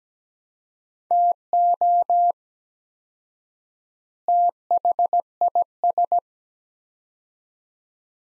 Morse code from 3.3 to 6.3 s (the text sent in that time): THIS